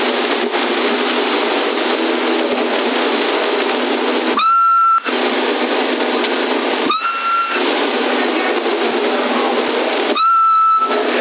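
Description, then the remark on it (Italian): Steady hiss of CB radio static, broken by three short bursts of a person whistling a single steady tone into the transmitter while its signal strength is checked, with a faint held tone carrying between the bursts. “Superi con il picco quando fischi 9.30, 9.30 qualche cosa.”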